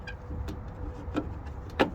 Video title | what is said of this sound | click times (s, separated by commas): 2009 - 2014 Ford F-150 Brake Light Bulbs Replacement! | then give it a turn clockwise to lock it into place perfect | 1.8 s